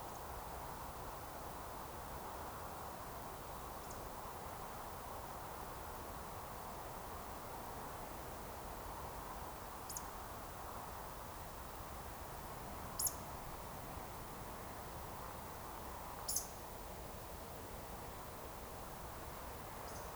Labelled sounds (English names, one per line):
Eurasian Woodcock whistle
Eurasian Woodcock croak